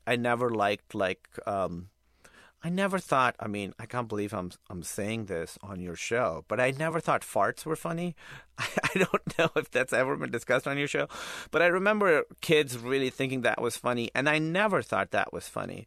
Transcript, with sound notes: I never liked, like - I never thought - I mean, I can't believe I'm saying this on your show, but I never thought farts were funny. (laughter) I don't know if that's ever been discussed on your show. But I remember kids really thinking that was funny, and I never thought that was funny.